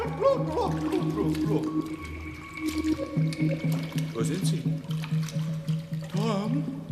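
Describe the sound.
Ice-cold water sloshes and trickles with soft, irregular splashes and drips, running steadily beneath voices talking over it.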